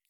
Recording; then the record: hydrophone in a shrimp aquaculture tank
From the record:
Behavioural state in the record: feeding